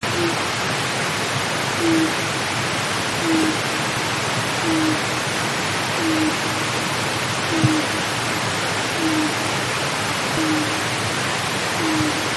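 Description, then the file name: Japanese night heron giving deep, soft hoots, one low note roughly every one and a half seconds, steady throughout over a constant hiss like rain or running water. "mizogoi"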